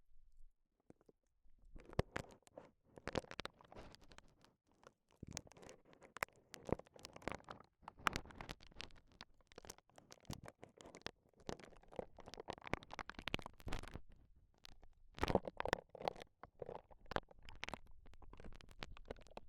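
Gloves being handled: rubbing, stretching and flapping make a dense run of short, crackly rustles and snaps from about two seconds on. A few sharper slaps stand out near 5, 8 and 15 seconds, with brief pauses between bursts.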